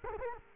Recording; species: mosquito wingbeat signal from an infrared sensor; Culex quinquefasciatus